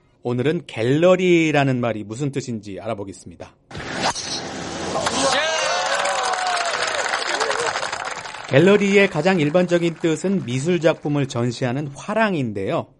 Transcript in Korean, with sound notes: 오늘은 ‘갤러리’라는 말이 무슨 뜻인지 알아보겠습니다. [녹취: 골프대회 현장음] ‘갤러리’의 가장 일반적인 뜻은 미술작품을 전시하는 ‘화랑’인데요.